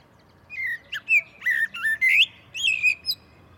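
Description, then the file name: Common blackbird with a run of fluty whistled notes and scratchy high flourishes. "Turdus merula"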